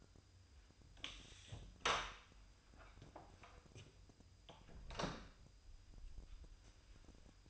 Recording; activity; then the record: daily activity, microphone in the room; close door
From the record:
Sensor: 2